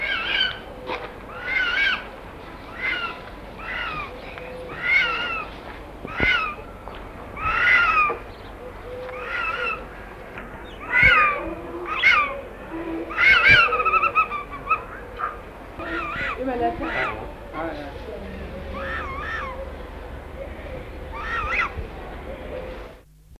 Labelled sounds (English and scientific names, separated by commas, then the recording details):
Crowned Eagle (Stephanoaetus coronatus) call
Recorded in captivity
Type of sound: call
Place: Zoo Antwerpen, Flandern, BE
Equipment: Halbspur, 9,5 cm/s
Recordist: Lütgens, Hans
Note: Rufe